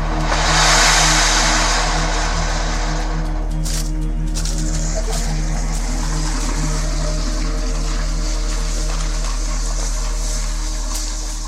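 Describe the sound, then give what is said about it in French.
A water-pump engine runs steadily with a low, droning hum and harmonic tones, joined by the harsh hissing, sizzling burst of a military thermite charge (about 3000 degrees) that roars loudly for several seconds before the engine sound falters and sputters as it is destroyed. “C'est bon, il est mort ? Là, il est mort. Hein. Il n'est plus opérant.”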